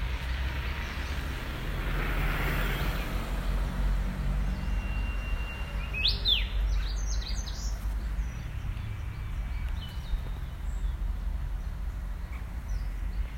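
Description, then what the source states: Brownish-flanked bush warbler song: a faint drawn-out whistle followed by a quick run of sharp rising notes midway, over a steady low rumble and scattered bird chirps. Recorded 18 April 2021.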